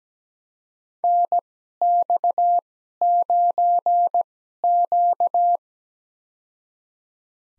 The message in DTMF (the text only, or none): none